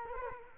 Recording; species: mosquito wingbeat signal from an infrared sensor; Culex quinquefasciatus